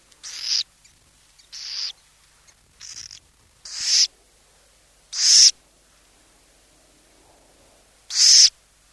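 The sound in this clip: Burrowing owl repeating six rough, hissing rasps at uneven intervals, with the last two loudest.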